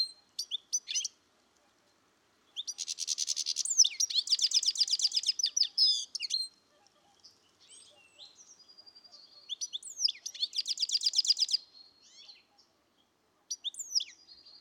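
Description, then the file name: European goldfinch twittering in several high, fast, buzzy bouts separated by quiet gaps and scattered thin single notes. "Carduelis carduelis"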